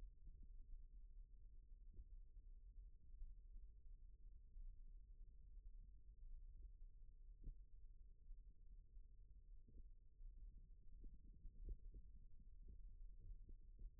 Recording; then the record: forearm muscle sounds (acoustic myography)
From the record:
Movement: rest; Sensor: system 1, eight BSWA MPA416 microphones around the upper forearm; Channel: 6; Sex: male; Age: 41 years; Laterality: right